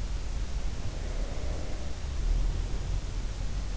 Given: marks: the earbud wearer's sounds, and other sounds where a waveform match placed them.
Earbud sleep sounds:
sounds in sleep by an in-ear microphone; breath
0.80-3.40 s: breath

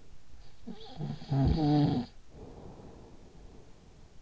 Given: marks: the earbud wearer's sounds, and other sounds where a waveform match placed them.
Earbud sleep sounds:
sounds in sleep by an in-ear microphone; snoring breath
0.28-4.22 s: snoring breath

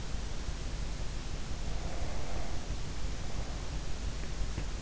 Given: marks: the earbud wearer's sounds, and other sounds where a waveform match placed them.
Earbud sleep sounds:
sounds in sleep by an in-ear microphone; breath
1.39-4.35 s: breath

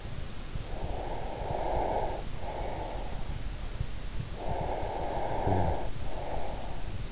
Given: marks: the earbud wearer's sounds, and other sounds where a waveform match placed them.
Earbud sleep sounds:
sounds in sleep by an in-ear microphone; breath, snoring breath
0.60-3.27 s: breath
4.32-6.78 s: snoring breath

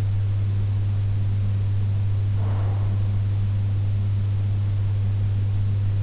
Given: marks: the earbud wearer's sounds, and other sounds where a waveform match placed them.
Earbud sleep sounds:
sounds in sleep by an in-ear microphone; breath
1.30-3.33 s: breath

